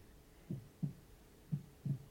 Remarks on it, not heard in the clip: The sound you hear is the sound of a heartbeat.